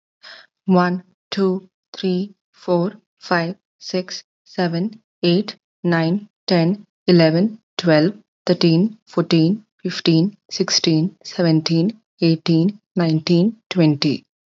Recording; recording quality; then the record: counting at a normal pace; excellent, no background noise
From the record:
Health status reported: respiratory illness, not identified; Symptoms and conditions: none ticked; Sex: female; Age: 22 years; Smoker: not ticked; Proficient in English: yes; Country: India